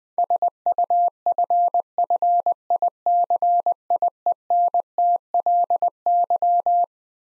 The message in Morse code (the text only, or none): SUFFICIENTLY